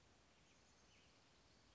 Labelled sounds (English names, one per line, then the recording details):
Western Tanager
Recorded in Sonoma County, California